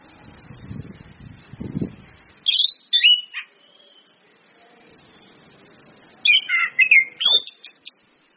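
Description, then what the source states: Orange-headed thrush song: low thumping at first, then two bursts of high, varied whistles and chirps several seconds apart. Indonesian bird-training lure recording (pancingan, masteran) of ngeplong-style song plus female whistles (suitan betina), meant to make birds sing actively (gacor).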